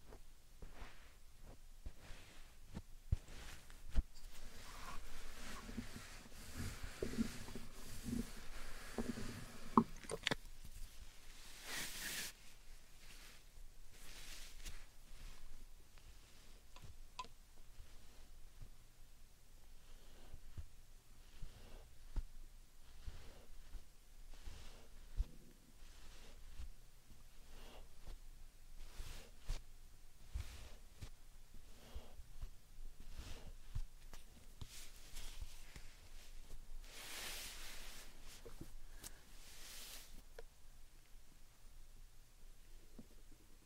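Slime and sand being squished and scraped, a steady run of soft crackles and wet clicks with brighter hissing bursts near 12 and 37 seconds.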